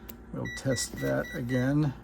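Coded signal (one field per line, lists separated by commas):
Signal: none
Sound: multimeter beeps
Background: speech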